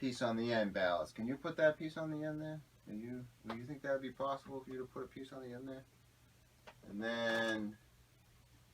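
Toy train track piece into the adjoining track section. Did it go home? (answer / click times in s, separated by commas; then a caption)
no / none. A toy train track piece is handled near the end of the layout, ready to go into the adjoining track section, while someone talks throughout. The piece has not seated or clicked into the joint yet.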